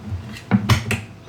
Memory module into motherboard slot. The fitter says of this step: give it it and you hear a click yes it means so this one is done